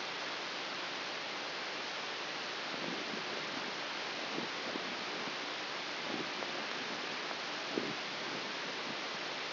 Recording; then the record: brain microelectrode recording played as sound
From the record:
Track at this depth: inside the subthalamic nucleus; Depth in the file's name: 3.898 mm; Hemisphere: left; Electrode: 3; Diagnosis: Parkinson's disease